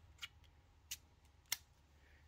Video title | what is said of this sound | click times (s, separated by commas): Better Underwater Videos on A Budget? Check this out! | and snaps in place | 1.5 s